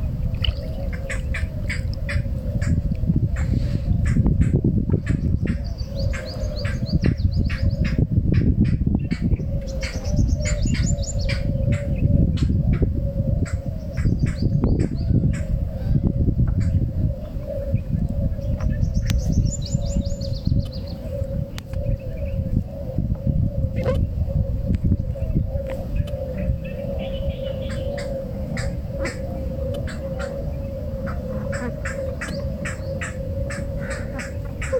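A mangrove shore in Ajman, with a steady low rumble and a constant mid-pitched hum running throughout. Short bright bird calls rise above it every few seconds, clearest around 5, 10, 14 and 20 seconds, while quick dry clicks tick away steadily.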